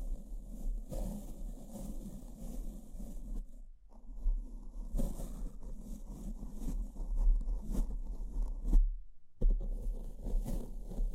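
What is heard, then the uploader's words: Brain scratching with no talking: a dense, rough scratching texture, mostly low and muffled, with occasional brighter scrapes near five and eight seconds. Two short pauses break it, just before four seconds and around nine. A steady low hum runs underneath. ASMR S E N S I T I V E Brain Scratch (No Talking).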